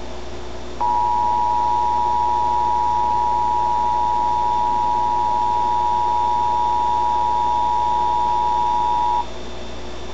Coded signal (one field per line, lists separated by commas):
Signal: Emergency Alert System (SAME) tones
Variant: 853 and 960 Hz attention tone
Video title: A REAL EAS EMERGENCY (1 of 2)